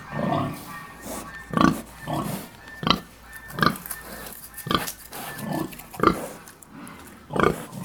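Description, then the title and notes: Pig grunting in a steady series, short rough pulses coming roughly every second, with softer background grunts between them. Black sow nursing her six piglets at Cascina Pasque' farm, Besnate, Italy, 11 December 2018. "Besnate - Cascina Pasque' - 20181211-Un maiale nero con i suoi sei maialini in atto di allattamento"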